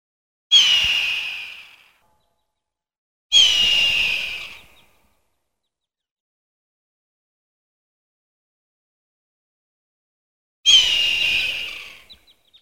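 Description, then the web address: Hawk screaming three times, each a raspy drawn-out cry that trails off, the first two close together and the last after a long pause. "hawks-eagles Hawk"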